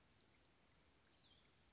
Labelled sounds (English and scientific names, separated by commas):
Cassin's Vireo (Vireo cassinii)